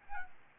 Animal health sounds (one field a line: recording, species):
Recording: mosquito wingbeat signal from an infrared sensor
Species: Aedes albopictus